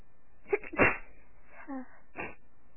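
Several sharp, explosive bursts with a brief voiced breath between them: an adult woman sneezing repeatedly.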